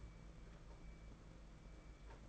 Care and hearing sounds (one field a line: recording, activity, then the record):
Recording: daily activity, microphone in the room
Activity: take from stove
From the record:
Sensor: 5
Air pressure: 992.1 hPa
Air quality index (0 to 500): 211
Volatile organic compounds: 1000 ppm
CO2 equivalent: 6111 ppm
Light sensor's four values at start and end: 6/14/5/6 and 6/14/5/6